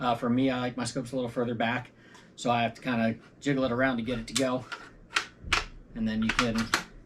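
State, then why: Not seated. Someone talks while a metal bolt is jiggled past a rear-mounted scope and pushed toward the action of a Ruger American bolt-action rifle receiver. Two sharp transients are heard near 5.2 and 5.5 s, but the bolt has not yet locked into place; nothing has seated or clicked yet.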